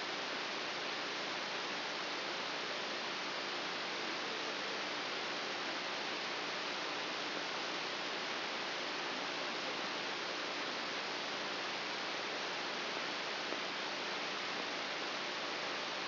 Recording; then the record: brain microelectrode recording played as sound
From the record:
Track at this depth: outside the subthalamic nucleus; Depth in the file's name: 6.801 mm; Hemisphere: right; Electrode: 3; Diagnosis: Parkinson's disease